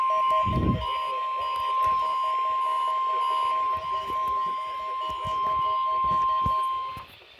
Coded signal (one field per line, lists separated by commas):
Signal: Emergency Alert System (SAME) tones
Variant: 1050 Hz attention tone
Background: speech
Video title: First Catch Required Weekly Test On KGG68 & KJY78 (EAS #9 - #10)